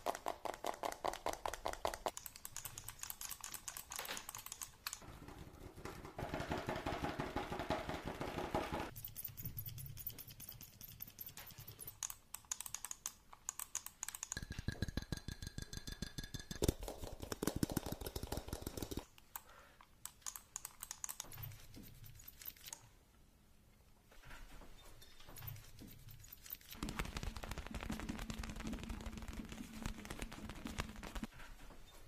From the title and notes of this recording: Fast Tapping Deluxe Edition [Binaural Eargasm].